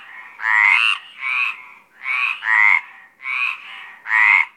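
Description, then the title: Mediterranean tree frog calling with loud, rasping croaks, each about half a second long, coming in close pairs with short quiet gaps. Several Mediterranean tree frogs recorded at Apt, Vaucluse, in April 2010. "Sylvain Jaskowiak - Animus. Rainettes méridionales - Apt, Vaucluse - avril 2010"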